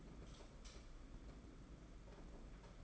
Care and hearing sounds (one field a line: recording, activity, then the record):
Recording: daily activity, microphone in the room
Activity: light on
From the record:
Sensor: 5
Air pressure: 992.1 hPa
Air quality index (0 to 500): 207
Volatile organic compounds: 1000 ppm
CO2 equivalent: 5983 ppm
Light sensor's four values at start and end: 8/19/7/8 and 8/20/8/8